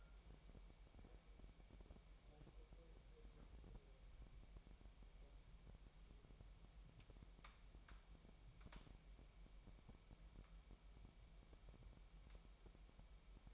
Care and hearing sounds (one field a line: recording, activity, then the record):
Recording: daily activity, microphone in the room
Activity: take from stove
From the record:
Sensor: 1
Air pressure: 1002.0 hPa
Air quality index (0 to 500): 246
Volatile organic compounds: 50 ppm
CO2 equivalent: 3299 ppm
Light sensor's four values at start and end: 5/12/5/6 and 5/12/5/6